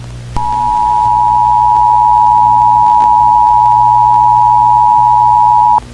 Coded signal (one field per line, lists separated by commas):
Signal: Emergency Alert System (SAME) tones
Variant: 853 and 960 Hz attention tone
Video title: SCP-386 (EAS VIDEO)